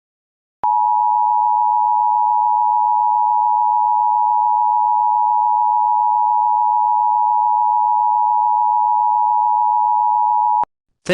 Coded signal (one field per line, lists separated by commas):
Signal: Emergency Alert System (SAME) tones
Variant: 853 and 960 Hz attention tone